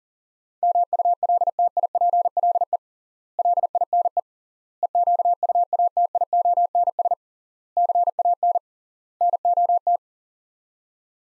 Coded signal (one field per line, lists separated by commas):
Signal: Morse code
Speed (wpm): 40 wpm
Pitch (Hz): 700 Hz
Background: none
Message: MULTIPLE LINE EQUATIONS CAN NOT